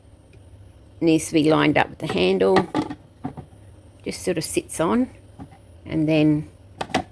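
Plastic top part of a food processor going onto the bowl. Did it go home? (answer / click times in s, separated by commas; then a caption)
no / none. A plastic top part of a kitchen food processor is lined up with the handle and set onto the bowl while someone talks, with a few faint taps and two sharper knocks near the end. The clip ends before the part goes home, so nothing has seated or clicked into place yet.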